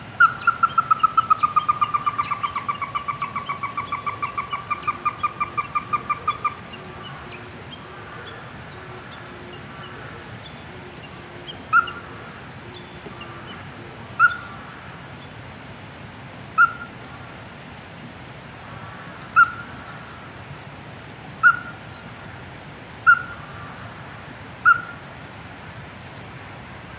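A Ruddy-breasted Crake opens with a rapid, fast-pulsed run of bright, clipped notes lasting about six seconds. After a pause, single sharp notes follow every two seconds or so, over steady background hiss and a faint low chatter early on.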